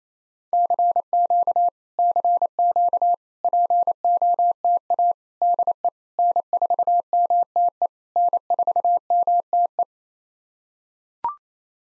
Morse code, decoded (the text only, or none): CQ CQ POTA DE N4MTE N4MTE